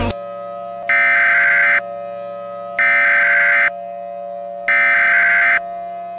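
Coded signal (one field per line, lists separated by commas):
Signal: Emergency Alert System (SAME) tones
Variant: header bursts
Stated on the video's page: Fictional scenario using valid tones.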